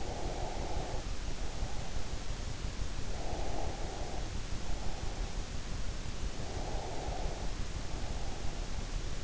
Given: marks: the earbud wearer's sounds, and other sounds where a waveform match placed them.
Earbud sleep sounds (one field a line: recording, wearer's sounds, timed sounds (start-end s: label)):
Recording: sounds in sleep by an in-ear microphone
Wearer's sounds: breath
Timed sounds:
0.00-2.12 s: breath
3.27-5.17 s: breath
6.40-8.52 s: breath